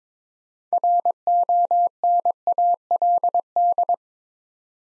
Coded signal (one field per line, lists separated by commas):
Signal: Morse code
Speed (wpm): 22 wpm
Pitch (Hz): 700 Hz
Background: none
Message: RONALD